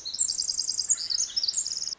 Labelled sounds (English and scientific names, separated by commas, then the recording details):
Pacific Wren (Troglodytes pacificus)
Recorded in Sonoma County, California